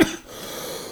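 A single short, sharp cough from an adult man right after smoking a cannabis blunt bursts out at the very start, then fades within a fraction of a second into quiet room tone. It is an isolated cough, not a repeated coughing fit, and it is not quite high-pitched.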